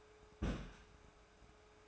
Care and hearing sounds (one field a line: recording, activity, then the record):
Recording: daily activity, microphone in the room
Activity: place on stove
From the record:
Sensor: 2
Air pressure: 1010.2 hPa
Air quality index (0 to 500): 160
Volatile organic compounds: 7 ppm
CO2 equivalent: 2008 ppm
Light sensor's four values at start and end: 41/99/44/50 and 41/98/44/50